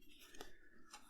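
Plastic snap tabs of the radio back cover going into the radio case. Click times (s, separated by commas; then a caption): 0.4 s, 0.9 s. Plastic snap tabs on the back cover of a Zenith Royal 16 Classic AM portable radio are pressed into the radio case as the two plastic halves are pushed back together. Small sharp clicks are heard at 0.4 s, 0.4 s and 0.9 s over a low background hiss. The snaps click into place and the case is seated.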